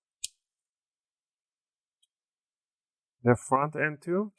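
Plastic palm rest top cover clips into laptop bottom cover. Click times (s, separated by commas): 0.2 s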